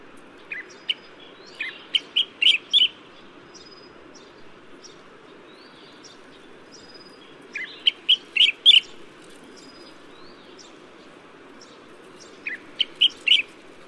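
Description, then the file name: Collared finchbill calls: three short bursts of sharp chirped notes building to loud clipped phrases, several seconds apart, with a steady low background hum. "白環鸚嘴鵯"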